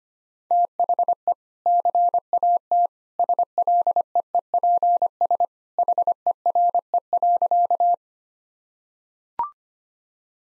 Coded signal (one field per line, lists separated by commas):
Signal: Morse code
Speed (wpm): 25 wpm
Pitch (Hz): 700 Hz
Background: none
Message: THE CAT SLEEPS HERE.